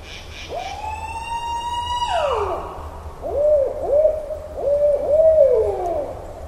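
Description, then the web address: Barred owl calling: a long drawn, rising then sliding wail, followed by a quick series of wavering, bouncing hoots. Recorded on 9 October 2010. "Barred Owl 2010 10 09"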